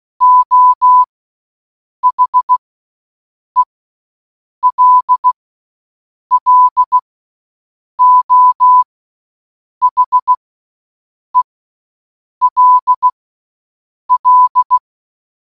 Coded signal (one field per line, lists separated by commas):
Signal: Morse code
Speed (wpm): 16 wpm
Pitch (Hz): 1000 Hz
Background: none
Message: O HELLO HELL